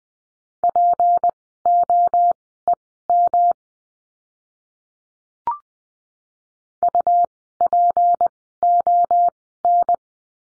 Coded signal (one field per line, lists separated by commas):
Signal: Morse code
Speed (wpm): 20 wpm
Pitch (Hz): 700 Hz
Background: none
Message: POEM UPON